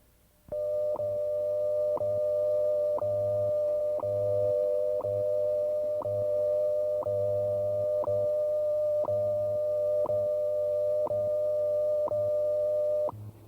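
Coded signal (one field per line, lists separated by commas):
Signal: radio time signal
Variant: WWV/WWVH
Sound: steady hum-like tone with a short click each second, about 13 ticks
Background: radio static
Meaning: Each tick marks one second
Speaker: Here are the signals on 10 megahertz. The male computer voice is from Colorado, the female computer voice from Hawaii.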